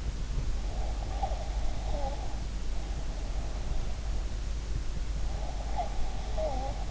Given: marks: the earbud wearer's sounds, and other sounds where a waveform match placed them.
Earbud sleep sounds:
sounds in sleep by an in-ear microphone; breath
0.70-2.39 s: breath
5.29-6.91 s: breath

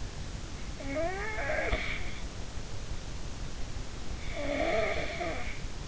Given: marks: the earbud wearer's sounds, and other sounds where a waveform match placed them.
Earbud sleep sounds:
sounds in sleep by an in-ear microphone; snoring breath
0.83-2.06 s: snoring breath
4.21-5.64 s: snoring breath

